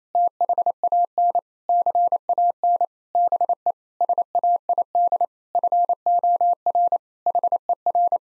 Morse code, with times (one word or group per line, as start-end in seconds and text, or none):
0.1-1.4 THAN
1.7-2.9 CAN
3.1-3.7 BE
4.0-5.2 SAID
5.5-7.0 FOR
7.3-8.2 HER